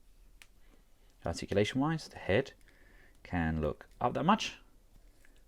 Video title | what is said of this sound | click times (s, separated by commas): Hasbro Marvel Legends: Build a Figure SAURON Wave Action Figure Reviews | and then we can just put the new ones back in and just give them a push just so it locks into place. | 0.4 s